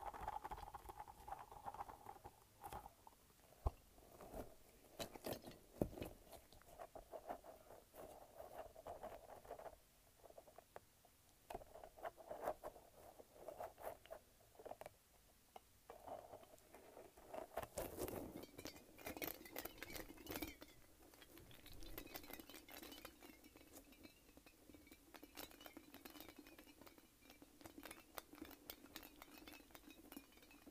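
A light-up ball is squished and shaken, giving dense rattling, crinkly clicks with a faint hum underneath, busiest and brightest around the middle.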